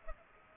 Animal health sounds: mosquito wingbeat signal from an infrared sensor; Culex pipiens

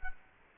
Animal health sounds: mosquito wingbeat signal from an infrared sensor; Culex quinquefasciatus

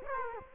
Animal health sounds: mosquito wingbeat signal from an infrared sensor; Culex quinquefasciatus

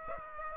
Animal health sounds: mosquito wingbeat signal from an infrared sensor; Aedes aegypti

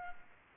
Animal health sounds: mosquito wingbeat signal from an infrared sensor; Culex pipiens

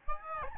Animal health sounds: mosquito wingbeat signal from an infrared sensor; Aedes albopictus

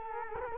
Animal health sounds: mosquito wingbeat signal from an infrared sensor; Culex quinquefasciatus

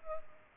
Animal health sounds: mosquito wingbeat signal from an infrared sensor; Culex pipiens

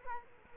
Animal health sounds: mosquito wingbeat signal from an infrared sensor; Culex quinquefasciatus

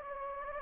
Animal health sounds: mosquito wingbeat signal from an infrared sensor; Anopheles gambiae

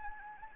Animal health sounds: mosquito wingbeat signal from an infrared sensor; Anopheles gambiae

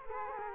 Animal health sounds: mosquito wingbeat signal from an infrared sensor; Culex quinquefasciatus

